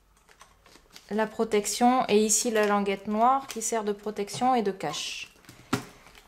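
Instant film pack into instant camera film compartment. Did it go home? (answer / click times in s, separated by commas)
yes / 5.7 s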